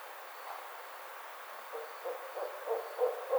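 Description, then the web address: Barred owl hoots, quiet at first, then a string of low hoots growing louder over the second half, with faint hiss throughout. Recorded on 29 May 2009. "Barred Owl 2009 05 29 Barred Owl"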